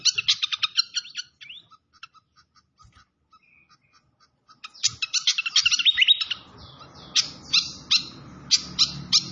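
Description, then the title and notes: Malaysian pied fantail song: dense bursts of high, squeaky chirps, a near-silent pause midway, then spaced sharp notes over a steady hissing background. Masteran (training recording), clear-voiced fantail mixed with trickling water sounds. "Masteran Sikatan Kipas Suara Jernih Dan Suara Gemericik Air. Suara Burung Sikatan Londo"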